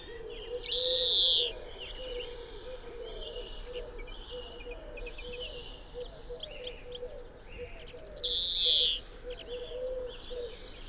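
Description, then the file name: European greenfinch giving two loud, harsh, buzzy wheezes about seven seconds apart, with faint chirps between and a steady low hum throughout. "Chloris chloris"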